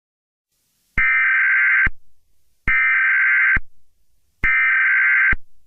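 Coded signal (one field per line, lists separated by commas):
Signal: Emergency Alert System (SAME) tones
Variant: header bursts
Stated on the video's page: Fictional EAS scenario about a shooting, not a real alert.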